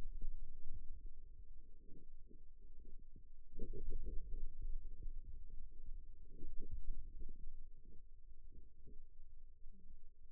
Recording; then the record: forearm muscle sounds (acoustic myography)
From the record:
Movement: radial deviation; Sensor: system 2, bracelet of six BSWA MPA416 microphones around the upper forearm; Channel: 5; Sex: male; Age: 22 years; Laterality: right